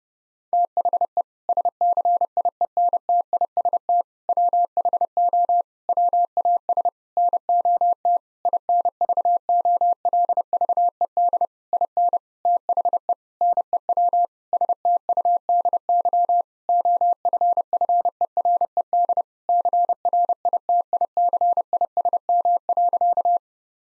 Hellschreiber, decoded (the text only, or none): none